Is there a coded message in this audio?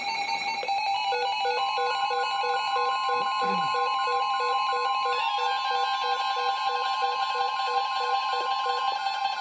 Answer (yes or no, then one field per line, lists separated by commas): no